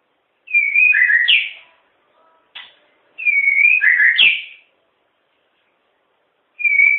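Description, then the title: White-rumped shama song: two matching phrases of clear sliding whistles ending in a rising flourish, about three seconds apart, then a short whistle at the end. "murai batu"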